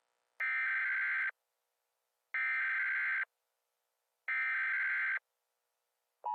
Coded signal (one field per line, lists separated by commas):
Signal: Emergency Alert System (SAME) tones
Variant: header bursts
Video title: EAS Scenario: Honolulu Tsunami